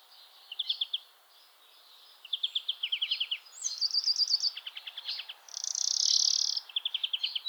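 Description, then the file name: European greenfinch song of quick chirping trills broken by one long, harsh buzzy wheeze near the end, then more trills. "Chloris chloris"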